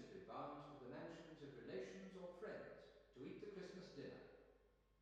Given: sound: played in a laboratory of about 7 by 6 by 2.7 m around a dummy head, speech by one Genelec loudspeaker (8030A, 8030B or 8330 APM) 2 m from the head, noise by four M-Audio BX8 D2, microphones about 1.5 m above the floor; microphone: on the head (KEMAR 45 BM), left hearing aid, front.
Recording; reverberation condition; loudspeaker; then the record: male speech in English; high; 60 degrees to the right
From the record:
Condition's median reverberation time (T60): about 1300 ms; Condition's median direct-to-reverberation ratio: about -4.0 dB